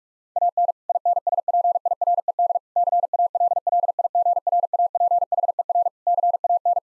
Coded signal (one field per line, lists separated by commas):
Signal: Morse code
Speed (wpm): 46 wpm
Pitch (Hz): 700 Hz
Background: none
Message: AN INSPIRED CALLIGRAPHER CAN